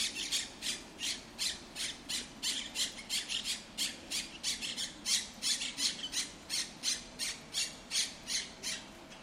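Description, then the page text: Monk parakeet squawks in a fast, fairly regular series of loud scratchy screeches, about three each second. Monk Parakeets in El Retiro park, Madrid, Spain; said to be the largest population in Europe. "Cities and Memory - remixing the world. Monk parakeets in Madrid. Madrid has the greatest population of Monk Parakeets in Europe, many of whom can be seen and heard in the El Retiro park"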